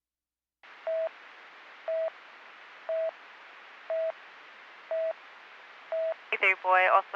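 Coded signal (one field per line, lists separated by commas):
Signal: none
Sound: police radio talk beeps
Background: speech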